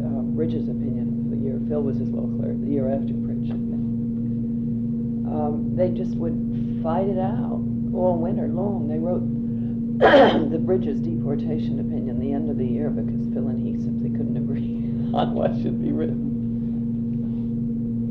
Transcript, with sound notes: Bridges opinion of the year Phil was his law clerk, the year after Prich had been. They just would fight it out all winter long they wrote [clear throat] the Bridges deportation opinion the end of the year, because Phil and he simply couldn't agree [chuckles] on what should be written.